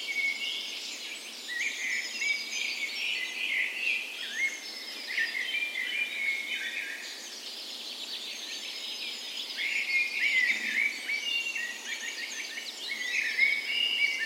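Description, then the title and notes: Birds in a dawn chorus, a continuous tangle of high warbling and chirping from several singers, swelling and easing over the stretch. Spring dawn chorus recorded in a park west in Bergen, Norway, on the morning of 17 May, Norway's National Day; Sony PCM A10 recorder with LOM Micro Usi microphones as tree ears. "17th Of May Dawn Chorus. Recorded on the morning of Norways National Day the 17th of May in a park west in Bergen. Spring is in full effect, and the dawn chorus sounds wonderful!"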